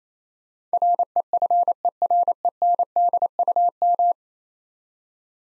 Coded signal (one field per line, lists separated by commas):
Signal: Morse code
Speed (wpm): 28 wpm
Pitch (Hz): 700 Hz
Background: none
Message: REFERENDUM